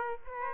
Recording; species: mosquito wingbeat signal from an infrared sensor; Aedes aegypti